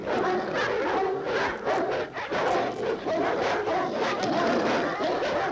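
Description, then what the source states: Dogs giving a steady chorus of overlapping barks, dense and continuous, with a slight dip partway through. Multiple dogs barking.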